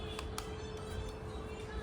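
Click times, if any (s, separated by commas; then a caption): 0.2 s, 0.4 s. A battery is pushed into the battery compartment of a DJI Action 5 Pro action camera and latches in place. Two short ticks are heard at 0.2 s and 0.4 s over a steady background, and the battery is seated and locked.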